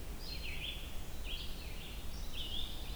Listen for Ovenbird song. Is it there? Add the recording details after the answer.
no. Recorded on 23 June 2016 at 06:19. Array SBT-6-76